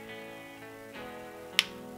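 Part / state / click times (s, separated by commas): marker pen into a plastic drawing gear / seated / 1.6 s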